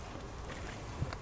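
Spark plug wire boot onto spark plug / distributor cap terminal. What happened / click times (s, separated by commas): The wire boot clicked onto its terminal / 1.1 s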